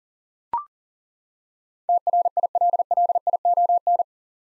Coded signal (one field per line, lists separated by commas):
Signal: Morse code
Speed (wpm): 40 wpm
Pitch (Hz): 700 Hz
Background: none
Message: TRILLION